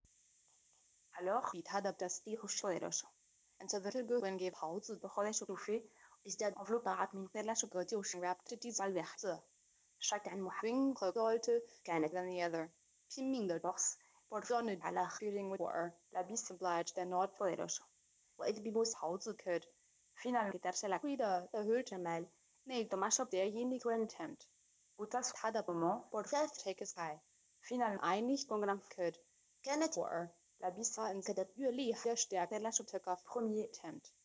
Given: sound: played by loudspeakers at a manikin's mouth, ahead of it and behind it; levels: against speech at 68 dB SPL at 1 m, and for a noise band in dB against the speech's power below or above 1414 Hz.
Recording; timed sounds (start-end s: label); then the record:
test signals for a remote microphone
1.11-34.25 s: speech test signal (ISTS)
From the record:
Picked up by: remote microphone D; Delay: 24 ms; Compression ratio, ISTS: 1.24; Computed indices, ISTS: SII 0.997, HASPI 0.990, HASQI 0.385 (non-linear 0.446, linear 0.863), ESTOI 0.888